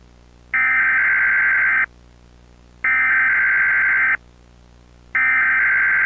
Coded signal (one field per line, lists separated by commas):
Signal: Emergency Alert System (SAME) tones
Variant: header bursts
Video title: EAS Scenario - Intergalactic War (PREVIEW #2)